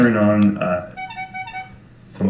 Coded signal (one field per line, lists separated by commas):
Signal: none